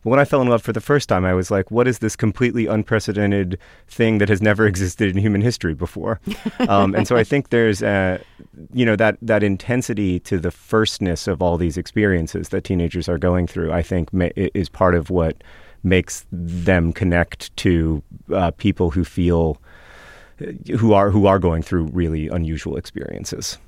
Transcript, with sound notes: But when I fell in love for the first time, I was like, what is this completely unprecedented thing that has never existed in human history before? (Laughter) And so I think there's - you know, that intensity to the first-ness of all these experiences that teenagers are going through, I think, is part of what makes them connect to people who feel - who are going through really unusual experiences.